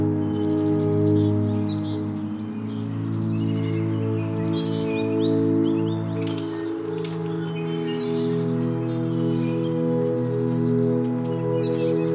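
Birds chirp and trill busily throughout at Oaks Bottom along the Willamette River, over a steady low hum of background noise.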